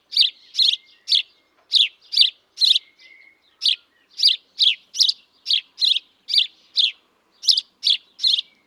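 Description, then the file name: House sparrow giving a steady series of bright, emphatic chirps, two or three per second with a brief pause after about three seconds, in otherwise quiet surroundings. "Passer domesticus"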